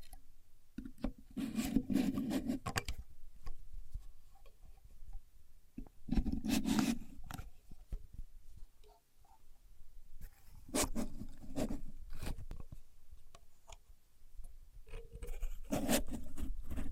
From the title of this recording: Using A Contour Gauge (No Talking)